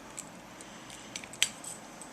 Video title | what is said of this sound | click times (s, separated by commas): Unofficial Glock Armorers Course part 3 | till it clicks its | 1.4 s